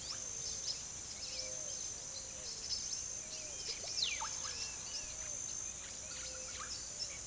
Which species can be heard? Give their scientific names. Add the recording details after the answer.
Thraupis palmarum, Psarocolius angustifrons, Tyrannulus elatus. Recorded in pastures near Puerto Asís, Putumayo, Colombia, on 18 February 2024 at 08:00. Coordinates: 0.466, -76.323. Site G6384